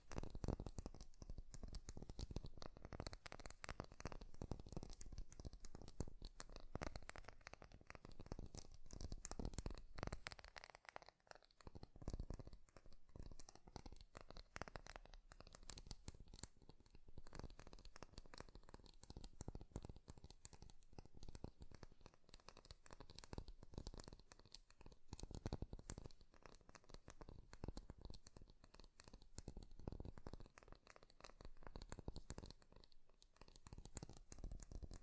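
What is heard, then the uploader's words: Fast, dense tapping runs the full clip in quick irregular bursts with scratchy, crinkly textures, briefly easing near eleven seconds and again around twenty-six. ASMR 3D Fast Tapping.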